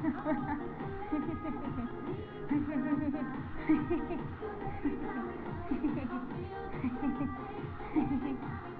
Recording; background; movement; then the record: laughter; music; sitting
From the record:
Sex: female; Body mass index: 22.6 kg/m2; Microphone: on the chest, facing the body